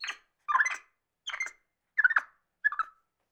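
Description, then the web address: Capuchin monkey producing a series of five harsh, chattering squeals. Capuchin monkey, angry. "monkey capuchin mad"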